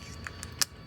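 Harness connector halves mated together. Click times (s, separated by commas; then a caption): 0.6 s. Two halves of a plastic harness connector with a locking portion are mated together while installing a Tesla Model Y power frunk kit. A few faint ticks near 0.3, 0.4 and 0.9 seconds surround one sharp, bright snap at 0.6 seconds. At that snap the connector halves lock together and are seated.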